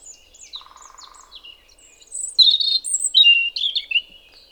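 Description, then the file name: European robin singing a varied phrase of thin high warbles and trills, rising to a louder tumbling sequence, with a brief low buzzy rattle early on. "Erithacus rubecula"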